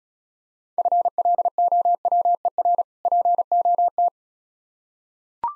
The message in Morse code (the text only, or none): FLOWER POT